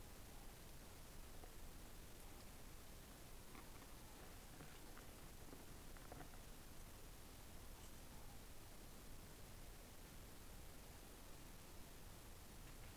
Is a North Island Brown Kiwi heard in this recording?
no